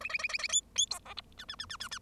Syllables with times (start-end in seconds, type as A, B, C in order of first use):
0.00-0.09 A, 0.09-0.18 A, 0.18-0.28 A, 0.29-0.38 A, 0.38-0.47 A, 0.48-0.61 B, 0.75-0.86 B, 0.90-0.99 C, 1.05-1.14 D, 1.17-1.21 E, 1.38-1.44 F, 1.48-1.55 F, 1.59-1.65 F, 1.69-1.76 F, 1.80-1.88 F, 1.91-1.98 F